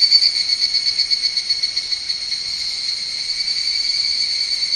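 Higurashi cicada call, quick beating pulses at first that blur into a continuous high shrill ringing.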